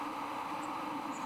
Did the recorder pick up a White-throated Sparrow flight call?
no